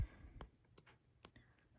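The damper shaft adjuster on a Yeah Racing QUTUS Slider 55mm Big Bore Damper for a 1/10 RC drift car is twisted left and right to change the quick-tuning damping setting. A plastic or metal detent inside the shock absorber body gives three sharp clicks at 0.4, 0.8 and 1.3 seconds, with faint softer ticks in between. The adjuster clicks into position on a softer setting.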